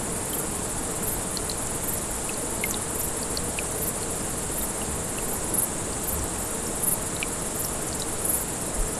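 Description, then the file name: High, hissing grasshopper song runs on without pause, with a few louder pulses near the end, while a brook babbles steadily underneath. Several grasshoppers calling beside a small brook, 6 August 2014, recorded on an MZ-N710 recorder. "Ruisselet et sauterelles 6 08 14"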